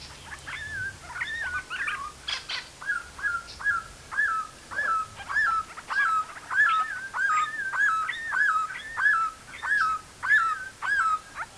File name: Pomatostomus Temporalis